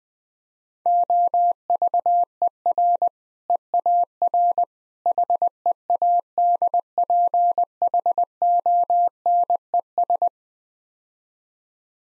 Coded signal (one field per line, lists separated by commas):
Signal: Morse code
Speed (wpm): 20 wpm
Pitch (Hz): 700 Hz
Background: none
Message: OVER EAR HEADPHONES